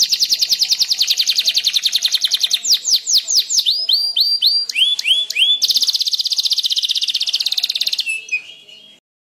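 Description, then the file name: Canary singing a varied run of rapid trills, rising swept whistles and clipped notes, closing on a dense rattling trill and a brief level tone. Standard canary song type. "suara kicauan kenari standar. omkicau"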